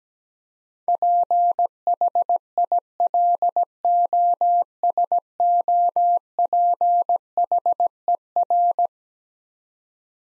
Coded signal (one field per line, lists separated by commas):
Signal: Morse code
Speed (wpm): 17 wpm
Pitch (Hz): 700 Hz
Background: none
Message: PHILOSOPHER